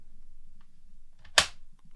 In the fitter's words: Put it in. And you want to hear an audioable click.